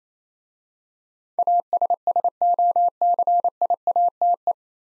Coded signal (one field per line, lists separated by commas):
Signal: Morse code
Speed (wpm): 27 wpm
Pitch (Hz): 700 Hz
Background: none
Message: ASSOCIATE